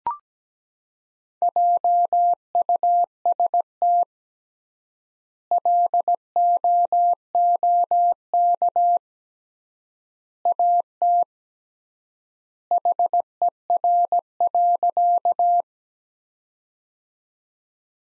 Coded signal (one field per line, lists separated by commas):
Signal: Morse code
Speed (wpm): 17 wpm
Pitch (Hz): 700 Hz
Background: none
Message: JUST LOOK AT HER.